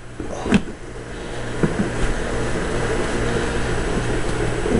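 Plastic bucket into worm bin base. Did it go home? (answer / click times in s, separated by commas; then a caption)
no / none. A plastic collection bucket is handled and pushed toward the base of a worm composting bin, with sharp knocks near 0.5 and 1.6 seconds over a steady low hum. The bucket has not snapped into place yet.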